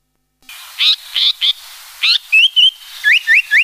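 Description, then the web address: Japanese paradise flycatcher song: four buzzy slurred notes, then two clear whistles and three quick rising notes, loud and clean over quiet background hiss. "sikioto. sankoucho"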